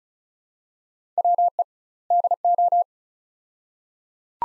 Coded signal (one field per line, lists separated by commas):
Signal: Morse code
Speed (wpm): 36 wpm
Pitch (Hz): 700 Hz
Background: none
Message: WE DO